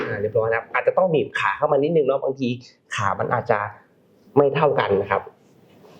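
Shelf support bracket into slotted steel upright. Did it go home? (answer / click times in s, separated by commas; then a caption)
no / none. Someone talks while handling a shelf support bracket, squeezing its legs slightly together to fit it into the slots of a slotted steel shelving post. Only speech is heard, with short quiet pauses. The bracket has not seated or clicked into the post yet.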